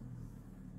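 A cap is closed onto a lip balm tube from an advent calendar to see whether it makes the little click heard earlier. Only a steady low rumble is heard, with no distinct click. The cap has not clicked.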